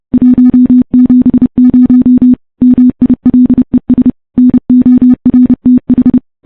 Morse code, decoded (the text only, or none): 170 MILES NORTH